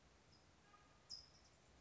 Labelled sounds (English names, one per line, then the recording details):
California Towhee
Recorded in Sonoma County, California